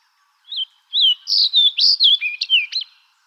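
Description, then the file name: Fox sparrow song, a musical run of whistled, slurred notes that rise and dip, opening with a short note, then a steady rush of clear phrases. Recorded 21 April 2011. "2011-04-21 Fox Sparrow"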